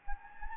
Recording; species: mosquito wingbeat signal from an infrared sensor; Anopheles gambiae